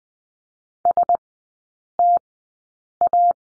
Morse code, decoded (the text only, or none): STA